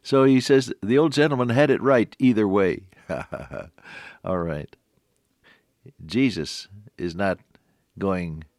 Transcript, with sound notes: So he says, “The old Gentleman had it right either way.” [chuckle] Alright. Jesus is not going